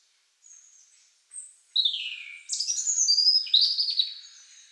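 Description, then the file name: European robin singing high, varied phrases: faint thin whistles, then a descending warble and two bright, jumbled trilling phrases run close together. "Erithacus rubecula"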